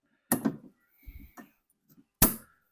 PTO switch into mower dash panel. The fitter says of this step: pops right into place